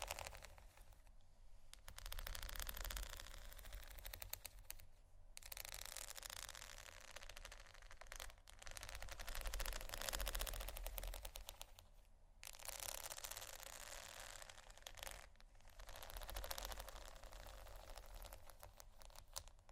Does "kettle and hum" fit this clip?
no